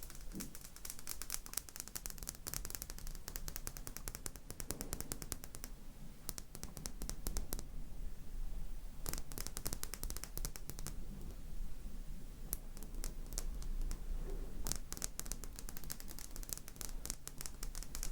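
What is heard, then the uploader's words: Rapid, dry tapping runs through the whole clip in dense bursts of sharp clicks, some stretches fast and clustered, others sparser, with brief pauses near 6 and 12 seconds. A low steady hum sits underneath, and the level stays fairly even throughout. ASMRMystic 7 Tapping.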